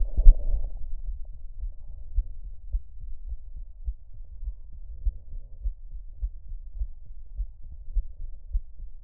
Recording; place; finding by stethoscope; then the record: heart sounds by stethoscope; tricuspid valve (TV); normal heart sounds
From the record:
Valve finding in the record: tricuspid regurgitation, grade 0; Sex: female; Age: 45 years